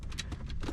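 A replacement plastic dash trim panel is pushed into a truck dashboard, and its row of retaining clips pops into place with a quick series of short, sharp plastic clicks at about 0.0, 0.1, 0.2, 0.3, 0.5 and 0.6 seconds. The clips seat and the panel ends up firmly in place.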